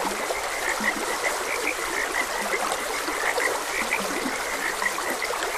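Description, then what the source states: Frogs calling in a steady chorus of sharp repeated croaks, plus occasional lower grunting notes, over the smooth rush of a stream. Frogs croaking beside a gentle stream.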